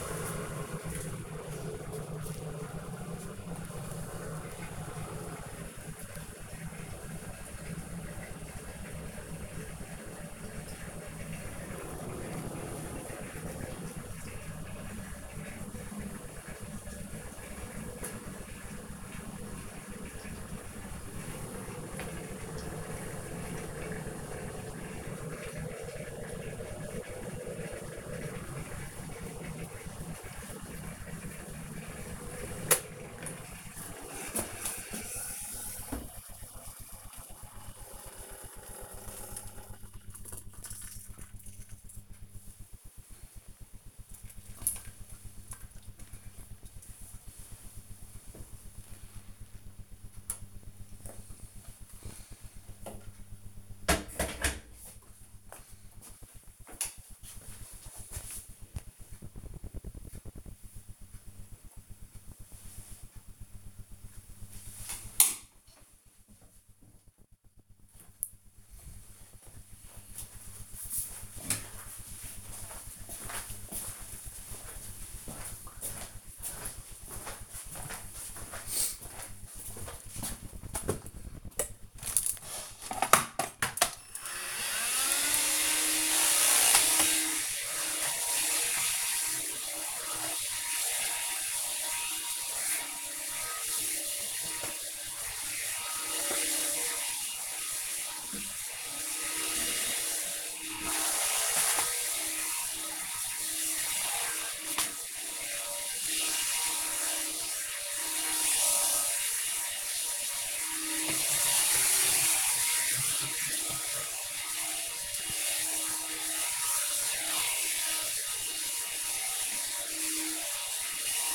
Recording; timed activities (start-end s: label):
household activities, microphone on the right wrist
0.00-54.07 s: making tea
83.28-121.35 s: vacuum cleaning